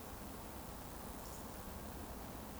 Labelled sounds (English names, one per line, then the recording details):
Eurasian Woodcock whistle
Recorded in Baden-Württemberg, Germany, on 24 June 2020 at 20:32 UTC
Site 14569, 102 m above sea level